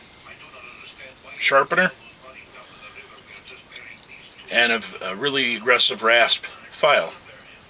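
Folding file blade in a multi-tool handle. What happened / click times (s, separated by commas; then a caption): Handled, not yet home: the folding blade has not locked open / none. Someone talks while handling a metal multi-tool, opening its folding rasp file blade out of the handle until it locks open. The clip ends just before the blade goes home, so nothing has seated or clicked yet.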